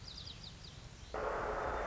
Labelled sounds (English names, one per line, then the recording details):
White-crowned Sparrow
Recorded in Sonoma County, California